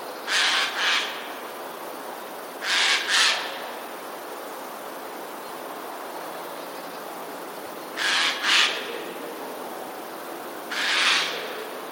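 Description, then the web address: Eurasian jay screeching: rough, noisy calls, mostly doubled, in four separate bursts, with longer quiet gaps between them and faint hiss behind. Alarm call; recorded 12 January 2020. "wroblowe ostrzegator sojka 12 01 2020"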